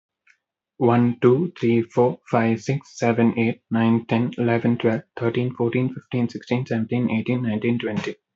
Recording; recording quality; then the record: counting at a fast pace; excellent, no background noise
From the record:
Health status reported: healthy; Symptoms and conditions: none ticked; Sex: male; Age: 23 years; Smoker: not ticked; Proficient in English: yes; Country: India